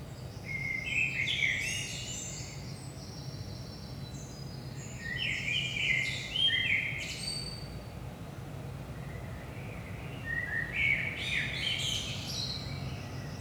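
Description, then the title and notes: Common blackbird singing mellow whistled phrases with squeaky high flourishes, repeated at roughly five-second intervals against a constant low background rumble. Saint-Gilles, Belgium; early morning, 5 am; recorded with a DPA 4060 microphone pair in AB position into a Zoom F3. "Saint-Gilles, Belgique - 5am Blackbird. Blackbird in the morning. Merle au petit matin"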